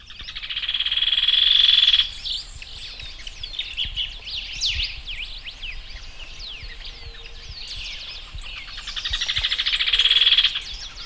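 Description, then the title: Birds chirp: many quick whistled notes sweep up and down, overlapping, while a loud steady buzzing drone swells at the start and again near the end. "LuckyPassaro Completos2Sama"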